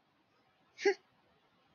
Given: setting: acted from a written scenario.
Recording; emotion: vocal sound without words; amusement